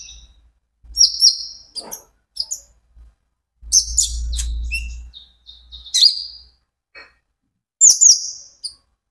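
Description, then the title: Van Hasselt's sunbird song: scattered high, squeaky chirps and twitters, with a low blowing rumble in the middle of the passage. Steady, continuous song, used as a lure and for therapy to get birds to answer and sing. "KOLIBRI NINJA KONIN IJOAN GACOR COCOK UNTUK PANCINGAN TERAPI KONIN BAHAN PASTI NYAUT"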